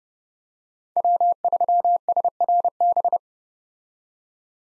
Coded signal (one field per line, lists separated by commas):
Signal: Morse code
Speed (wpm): 30 wpm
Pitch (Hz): 700 Hz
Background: none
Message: W3SRB